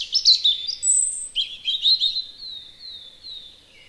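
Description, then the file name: European robin song: quick high twittering notes and rippling trills, ending in a series of thin, slightly descending whistled slurs. "punarind"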